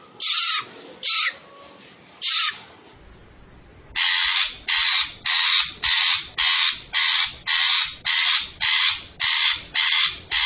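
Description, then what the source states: Long-tailed shrike song: three separate grating notes, a brief lull, then a regular train of loud, raspy notes about every half second. Long-tailed shrike described as gacor, singing actively and often.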